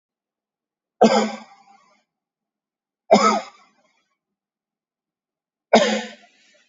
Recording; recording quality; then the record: heavy voluntary cough; excellent, no background noise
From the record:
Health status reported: COVID-19 positive, mild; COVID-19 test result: positive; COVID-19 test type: RT-PCR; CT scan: taken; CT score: 3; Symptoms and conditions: cold, fatigue, loss of smell and taste, hypertension, diabetes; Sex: male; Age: 76 years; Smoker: no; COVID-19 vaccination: both doses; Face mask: worn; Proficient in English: yes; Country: India